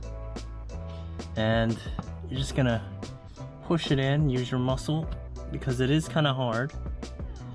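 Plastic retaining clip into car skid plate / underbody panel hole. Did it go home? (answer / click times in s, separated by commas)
no / none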